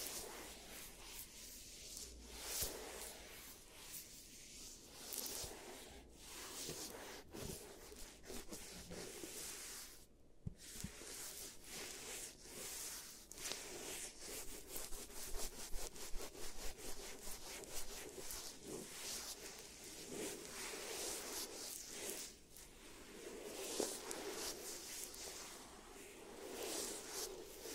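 A giant teeth treatment for fixing cavities, heard as steady scraping and rubbing strokes that run through the whole clip with hardly a pause. The gritty, bright scratching comes in quick, uneven bursts, and a brief hush breaks it near the ten-second mark.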